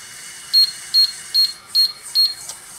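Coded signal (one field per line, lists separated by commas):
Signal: beep code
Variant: Hoshizaki ice machine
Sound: five short high-pitched beeps, evenly spaced, over steady machine hiss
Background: machine noise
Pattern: 5 short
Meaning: Freeze timer alarm: water valve off thirty minutes since last activation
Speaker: Hey look what we just caught how many beeps was that so we got five beeps all right so as you heard we have five beeps coming out of this control so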